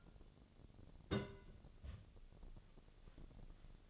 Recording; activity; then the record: daily activity, microphone in the room; place on stove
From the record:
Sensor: 4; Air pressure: 1000.8 hPa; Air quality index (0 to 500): 124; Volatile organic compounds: 1 ppm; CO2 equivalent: 933 ppm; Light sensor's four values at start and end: 46/112/48/53 and 46/113/48/54